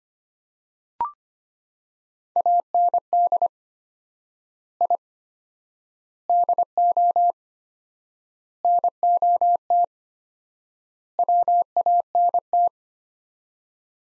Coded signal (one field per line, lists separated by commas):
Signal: Morse code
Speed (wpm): 25 wpm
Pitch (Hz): 700 Hz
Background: none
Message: AND I DO NOT WANT